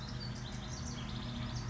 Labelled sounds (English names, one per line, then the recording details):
House Wren
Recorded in Sonoma County, California